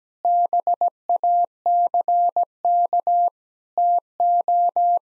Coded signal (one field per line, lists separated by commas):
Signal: Morse code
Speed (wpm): 17 wpm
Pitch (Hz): 700 Hz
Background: none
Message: BACK TO